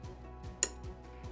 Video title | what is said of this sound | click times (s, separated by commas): Computer Instructional Video | And then you can hear a satisfying click, | 0.6 s